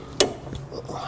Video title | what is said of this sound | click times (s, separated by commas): Triumph TR6 Recommission Project - Anti-Roll Bar Bush Upgrade to Polybush | You hear it just click in. | 0.2 s